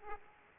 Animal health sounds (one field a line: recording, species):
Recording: mosquito wingbeat signal from an infrared sensor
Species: Aedes aegypti